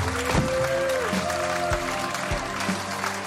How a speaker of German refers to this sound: Komm, gib mal Jesus einen kräftigen Applaus. Halleluja.